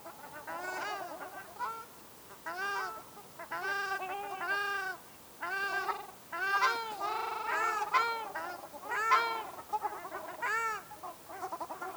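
Ruddy shelduck calls: loud nasal honks delivered in clustered bursts, separated by brief pauses.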